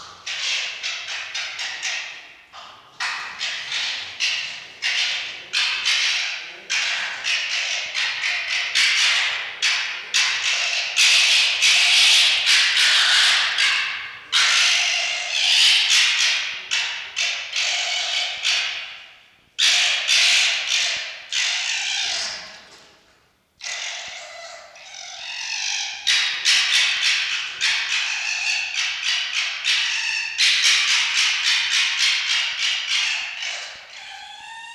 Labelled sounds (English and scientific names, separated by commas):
Red Fox (Vulpes vulpes)